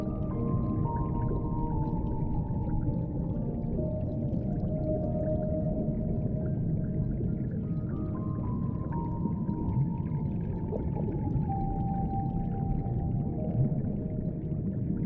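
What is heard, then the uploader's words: Soft piano notes sound through a thick, muffled underwater rumble that stays steady for the whole clip. Sustained tones hold and slowly shift in the middle range, while the low churning wash dominates and the top stays dull. Soothing Classical Piano Underwater Ambience. Soft classical piano echoes from the depths of the ocean through muffled underwater sounds.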